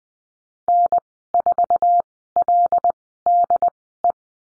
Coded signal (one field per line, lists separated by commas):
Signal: Morse code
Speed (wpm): 20 wpm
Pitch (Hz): 700 Hz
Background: none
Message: N4LDE